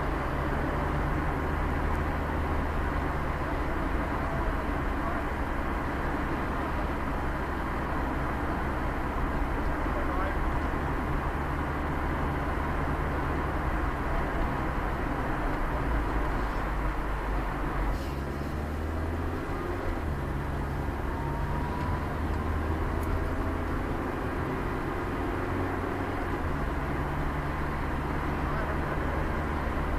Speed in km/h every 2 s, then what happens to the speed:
46, 46, 46, 48, 48, 47, 46, 45, 41, 40, 41, 40, 38, 35, 34.
0-9 steady at about 46. 9-30 slows to 34.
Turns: none.